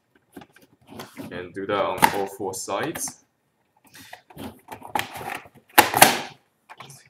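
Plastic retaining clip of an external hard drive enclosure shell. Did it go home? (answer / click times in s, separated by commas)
released / 5.8 s, 6.0 s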